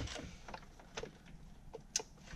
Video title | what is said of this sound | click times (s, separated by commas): Installing an Aftermarket TOUCHSCREEN Radio in a 2007-2014 Suburban/Yukon!! Kenwood DDX How-To | Plug that in until it clicks. | 2.0 s